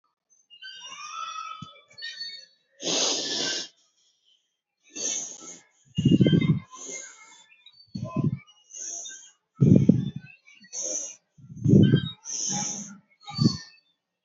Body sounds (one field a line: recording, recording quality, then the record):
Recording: shallow breathing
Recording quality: excellent, no background noise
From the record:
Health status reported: healthy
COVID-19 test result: negative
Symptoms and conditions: cough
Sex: female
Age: 29 years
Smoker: not ticked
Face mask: not worn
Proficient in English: yes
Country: India